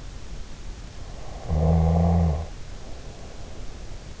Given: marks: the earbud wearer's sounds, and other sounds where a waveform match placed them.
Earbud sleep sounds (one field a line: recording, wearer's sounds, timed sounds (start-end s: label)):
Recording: sounds in sleep by an in-ear microphone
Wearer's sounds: snoring breath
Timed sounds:
1.40-3.92 s: snoring breath